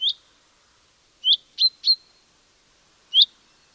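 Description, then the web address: Common chaffinch calls: short, sharp, high 'pink' notes, one, then a quick group of three, then another after a pause, in a quiet setting. Bird sound only. "Deverinetal"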